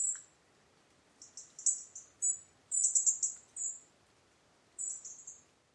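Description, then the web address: European robin giving thin, very high calls, some in short stuttered series. "Deverinetal 2025 File origin Bird Only Er Ru"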